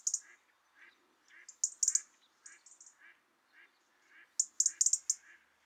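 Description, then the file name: European robin giving sharp, high ticking calls in quick bursts, over a steady series of lower notes repeated about every half second. "Erithacus rubecula"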